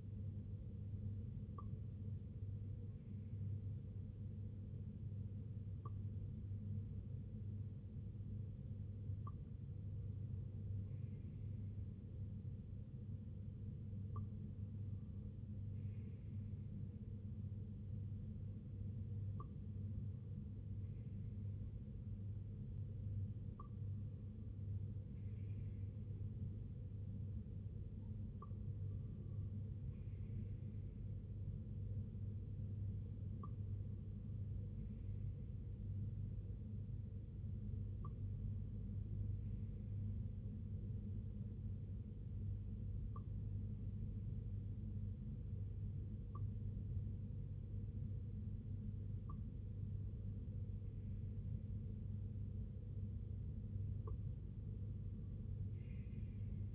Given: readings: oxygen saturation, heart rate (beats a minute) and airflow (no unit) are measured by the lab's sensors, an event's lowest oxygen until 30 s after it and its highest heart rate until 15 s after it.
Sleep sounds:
breathing in sleep by a smartphone at the bedside; none
none scored
From the record:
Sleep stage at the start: N2 (light sleep); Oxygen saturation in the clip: 92 to 94%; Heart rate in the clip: 61 to 65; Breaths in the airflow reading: 13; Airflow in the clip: -6.0 to 2.9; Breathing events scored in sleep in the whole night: 258 in 7.4 hours asleep

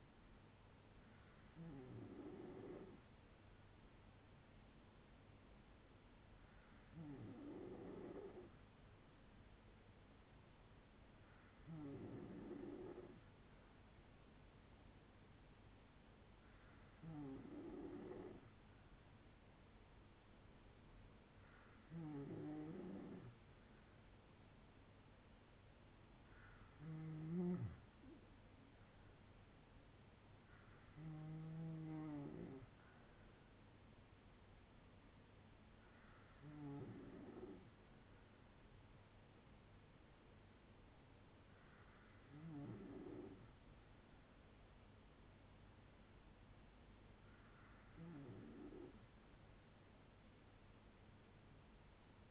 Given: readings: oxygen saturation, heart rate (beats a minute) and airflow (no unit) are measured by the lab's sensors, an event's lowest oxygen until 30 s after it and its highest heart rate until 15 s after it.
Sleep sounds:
breathing in sleep by a voice recorder at the bedside; none
14.00-44.00 s: new sleep stage, N2 (light sleep)
44.00-52.31 s: new sleep stage, N3 (deep sleep)
From the record:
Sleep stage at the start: N3 (deep sleep); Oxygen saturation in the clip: 93 to 95%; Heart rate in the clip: 54 to 72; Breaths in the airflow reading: 10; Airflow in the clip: -7.4 to 4.7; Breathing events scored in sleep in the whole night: 182 in 7.4 hours asleep

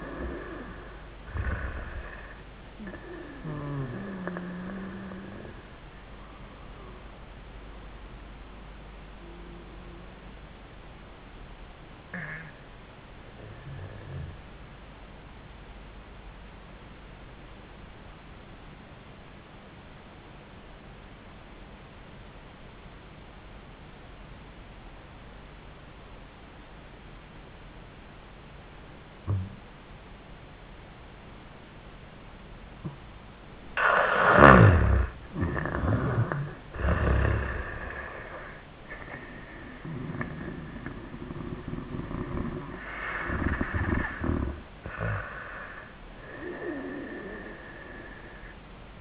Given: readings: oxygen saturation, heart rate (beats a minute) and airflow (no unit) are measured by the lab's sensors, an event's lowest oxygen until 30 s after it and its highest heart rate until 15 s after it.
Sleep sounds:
a person awake in a sleep study, by a voice recorder at the bedside; 1
10.00-40.00 s: awake
10.00-40.00 s: new sleep stage, awake
16.00-35.70 s: obstructive apnea (scored as awake, oxygen 98% highest, then 76% lowest, heart rate 90 at the start, 100 highest)
40.00-49.01 s: new sleep stage, N1 (lightest sleep)
From the record:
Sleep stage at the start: N1 (lightest sleep); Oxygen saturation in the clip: 80 to 98%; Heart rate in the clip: 85 to 100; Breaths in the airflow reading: 5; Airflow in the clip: -14.8 to 14.8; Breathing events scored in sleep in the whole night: 400 in 8.7 hours asleep

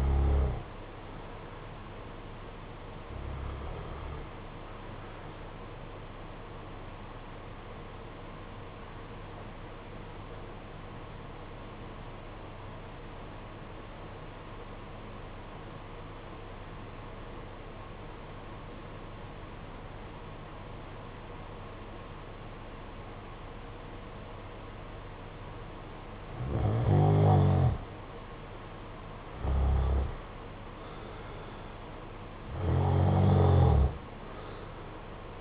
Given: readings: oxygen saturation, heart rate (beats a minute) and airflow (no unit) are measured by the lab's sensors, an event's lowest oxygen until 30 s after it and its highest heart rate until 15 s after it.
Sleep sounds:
breathing in sleep by a voice recorder at the bedside; 1
7.00-27.70 s: obstructive apnea (REM, oxygen 95% highest, then 87% lowest, heart rate 50 at the start, 61 highest)
From the record:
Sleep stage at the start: REM sleep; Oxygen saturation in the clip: 71 to 95%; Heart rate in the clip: 48 to 66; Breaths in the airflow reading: 5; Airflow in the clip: -5.7 to 9.1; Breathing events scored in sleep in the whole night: 476 in 9.7 hours asleep

